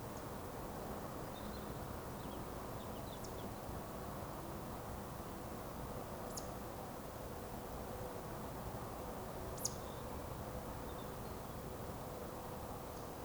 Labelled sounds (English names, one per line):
Eurasian Woodcock whistle